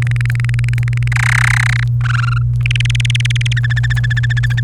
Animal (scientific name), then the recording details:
Serinus canaria. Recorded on 29 April 2018 at 16:04. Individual llb3